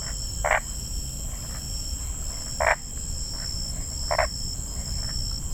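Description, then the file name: Boana crepitans gives three rasping croaks with fainter notes between, under a steady high-pitched insect drone and low noise. "Boana crepitans"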